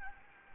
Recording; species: mosquito wingbeat signal from an infrared sensor; Anopheles gambiae